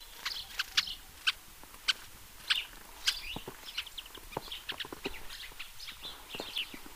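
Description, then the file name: House sparrow chirping, many short sharp notes coming irregularly, over low background noise. "Passer domesticus"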